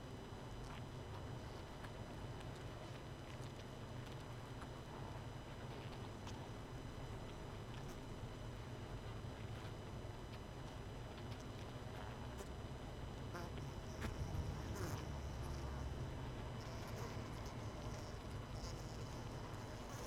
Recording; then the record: honeybee colony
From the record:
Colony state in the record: missing queen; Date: 31 May 2018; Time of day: 19:32